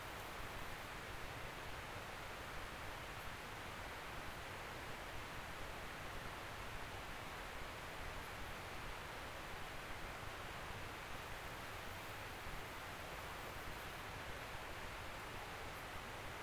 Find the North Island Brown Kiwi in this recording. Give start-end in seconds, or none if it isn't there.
none